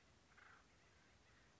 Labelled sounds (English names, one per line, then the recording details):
Acorn Woodpecker
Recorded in Sonoma County, California